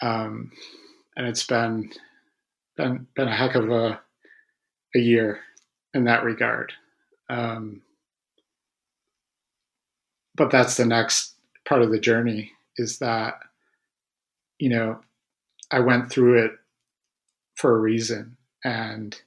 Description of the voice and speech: His Stuttering Journey. The pain he experienced related to stuttering—both as a young person and into adulthood. His experience with avoidance-reduction therapy.